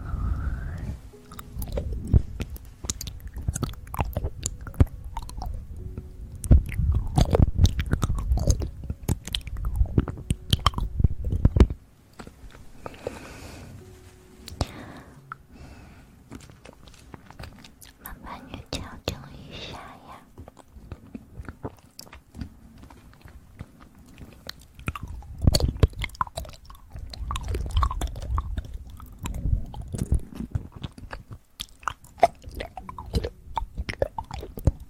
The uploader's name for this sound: eating sugar, aloe vera gel ear massage